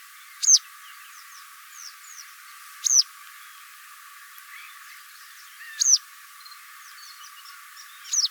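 Wagtail calls: four loud, sharp, high notes about every two to three seconds, with faint softer twitters in the gaps.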